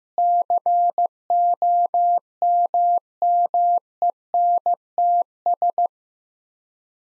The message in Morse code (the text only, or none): COMMENTS